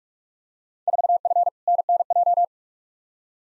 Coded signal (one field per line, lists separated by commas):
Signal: Morse code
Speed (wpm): 47 wpm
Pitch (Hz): 700 Hz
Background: none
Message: 4F NNJ